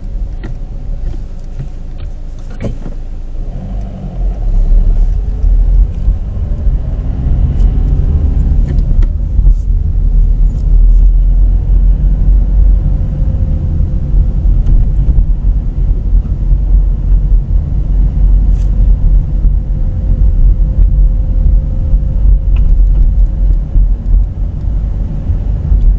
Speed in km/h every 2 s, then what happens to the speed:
0, 0, 10, 19, 21, 23, 23, 22, 22, 24, 24, 25, 26.
0-2 standing. 2-7 pulls away to 21. 7-26 steady at about 23.